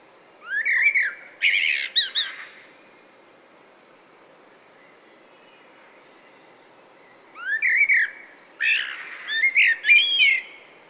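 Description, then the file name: Common blackbird giving a rich, fluting warble with high, squeaky flourishes, then a long silence before more whistles and twittering notes. "Turdus merula"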